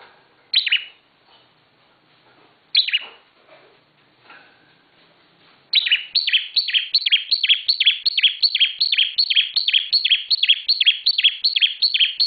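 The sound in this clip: Bar-winged prinia: a few scattered chirps at first, then a long, insistent series of high, downslurred notes repeated quickly and evenly until the end.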